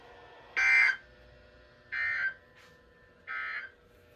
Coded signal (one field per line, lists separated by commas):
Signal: Emergency Alert System (SAME) tones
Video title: “Winter Storm Warning In Now Effect” (EAS 436-442)